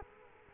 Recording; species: mosquito wingbeat signal from an infrared sensor; Culex quinquefasciatus